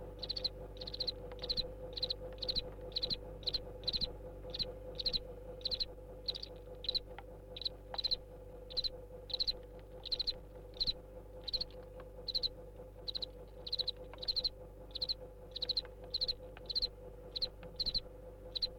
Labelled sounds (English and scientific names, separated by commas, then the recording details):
House Cricket (Acheta domesticus)
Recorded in captivity
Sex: male
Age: imago
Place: DE
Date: 1962-02-06 14:00
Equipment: Smaragd, Grundig-Mikrofon
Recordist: unbekannt, keine Angabe